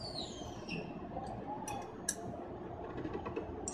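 A spring-loaded lock cylinder is pressed back into a door knob housing with a cylinder removal tool, with low rustling handling noise and a few short sharp ticks around 2.1 s and 3.7 s. The cylinder has not clicked into place yet and is not pushed fully home.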